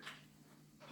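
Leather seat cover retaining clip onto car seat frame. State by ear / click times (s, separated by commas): not seated / none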